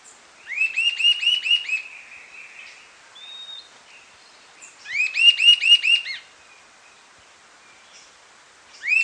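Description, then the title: Sibilant sirystes giving two bursts of about six quick, arched whistled notes each, the bursts several seconds apart, with a faint short whistle between them and the start of a third burst at the end. Subspecies sibilator, assumed from the recording location. "LuckyPassaro Completos2Sama. Sibilant Sirystes (Sirystes sibilator sibilator (ssp assumed from location))"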